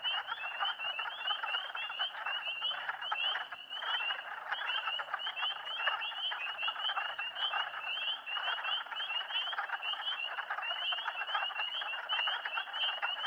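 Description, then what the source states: Spring peepers calling nonstop, a dense band of high rising peeps from many frogs, steady throughout. More than one spring peeper calling, in spring.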